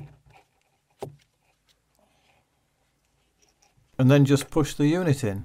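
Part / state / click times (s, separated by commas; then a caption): wiring connector into car interior light unit / seated / 1.0 s. A wiring connector is pushed onto the back of a Skoda Fabia interior light unit during an LED upgrade, a connector that only fits one way. It seats with a sharp click at 1.0 s among a few faint taps in otherwise quiet surroundings. Someone talks from about 4 s.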